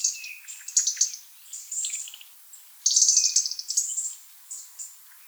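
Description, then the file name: European robin song, rapid high warbling phrases with trills and a fainter lower whistle. "Erithacus rubecula"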